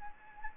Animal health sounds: mosquito wingbeat signal from an infrared sensor; Anopheles gambiae

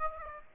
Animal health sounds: mosquito wingbeat signal from an infrared sensor; Aedes aegypti

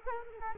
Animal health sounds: mosquito wingbeat signal from an infrared sensor; Culex quinquefasciatus

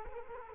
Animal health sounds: mosquito wingbeat signal from an infrared sensor; Culex quinquefasciatus

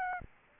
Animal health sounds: mosquito wingbeat signal from an infrared sensor; Aedes albopictus

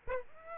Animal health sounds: mosquito wingbeat signal from an infrared sensor; Aedes aegypti

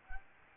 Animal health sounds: mosquito wingbeat signal from an infrared sensor; Anopheles gambiae

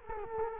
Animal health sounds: mosquito wingbeat signal from an infrared sensor; Culex quinquefasciatus

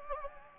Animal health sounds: mosquito wingbeat signal from an infrared sensor; Anopheles gambiae

